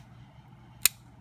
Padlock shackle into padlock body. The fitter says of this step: but you should hear everything click right into place